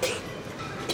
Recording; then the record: coughing mixed with background sound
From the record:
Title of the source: 61 morning phlegmy cough...again